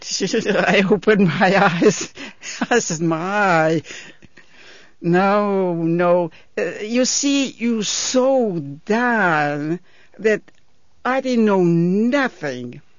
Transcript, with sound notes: Oh, I opened my eyes. ( she laughs ) I says, "My!" No, no, you see, you're so down, that I didn't know nothing.